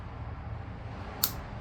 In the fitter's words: the click you know you're there and